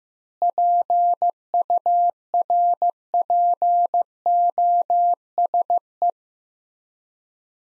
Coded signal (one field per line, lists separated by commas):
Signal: Morse code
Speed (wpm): 15 wpm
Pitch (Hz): 700 Hz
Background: none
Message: PURPOSE